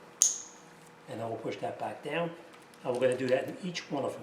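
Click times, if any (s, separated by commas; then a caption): 0.2 s. After a spark plug is installed in the aluminum head of a 2006 Honda CR-V and the ignition coil is dropped back in, the plastic electrical connector is pushed onto the coil. A single sharp snap is heard at 0.2 s as the connector seats, and then someone talks.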